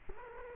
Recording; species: mosquito wingbeat signal from an infrared sensor; Culex quinquefasciatus